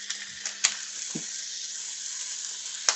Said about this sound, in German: Wir werden jetzt nämlich die Entenbrust soweit erstmal fertig anbraten und sie dann spritzt, diese kleinen. Spritzt! Muss ich da einen Deckel drauf machen? Nein.